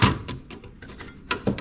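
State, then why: Seated. A plastic blade guard is slid into its storage mount under a DeWalt DWE7491RS table saw. A thump at the start and light scraping taps lead to a loud, sharp click at 1.3 s, followed by two smaller clicks. The guard locks in place, seated.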